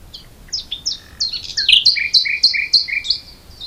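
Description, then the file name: Common nightingale song: several sharp descending notes, then an evenly repeated two-part phrase of high and lower whistles, several times. "Luscinia megarhynchos"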